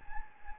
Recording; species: mosquito wingbeat signal from an infrared sensor; Anopheles gambiae